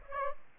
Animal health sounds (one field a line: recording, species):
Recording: mosquito wingbeat signal from an infrared sensor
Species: Aedes aegypti